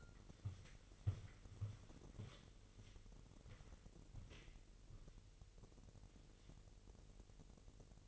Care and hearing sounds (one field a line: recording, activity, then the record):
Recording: daily activity, microphone in the room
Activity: walk to room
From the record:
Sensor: 4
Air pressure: 1002.8 hPa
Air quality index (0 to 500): 249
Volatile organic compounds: 11 ppm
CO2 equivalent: 2272 ppm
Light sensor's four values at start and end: 10/23/9/9 and 11/25/10/10